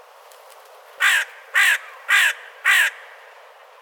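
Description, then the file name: Crow giving four loud, raspy caws spaced about half a second apart after a second of quiet, with low background hiss throughout. Recorded outside a window. "Crow Outside The Window"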